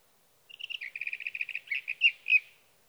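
Sage thrasher singing a fast, rambling warble, opening with a quick string of repeated even notes, then several richer slurred phrases; background otherwise silent.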